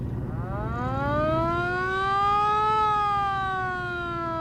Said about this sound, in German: Verdammt, dieser Verkehr. Ich schalte besser die Sirene ein.